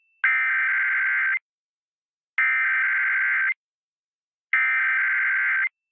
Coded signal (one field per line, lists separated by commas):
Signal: Emergency Alert System (SAME) tones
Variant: header bursts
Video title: eas test 1-12-21 c: to I forgot